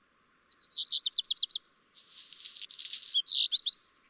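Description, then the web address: Black redstart song opens with rapid, evenly spaced high whistles. After a brief pause comes a harsh, fizzing crackle, then quick twittering notes to finish. "chant xeno-canto rougequeue noir"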